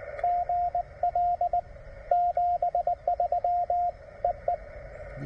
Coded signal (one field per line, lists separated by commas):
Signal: Morse code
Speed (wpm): 19 wpm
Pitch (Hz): 690 Hz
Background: radio noise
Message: GL 73 EE